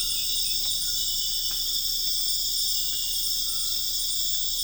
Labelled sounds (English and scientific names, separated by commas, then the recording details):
none
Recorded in dense forest near Puerto Asís, Putumayo, Colombia, on 4 March 2025 at 00:00
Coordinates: 0.484, -76.325
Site G045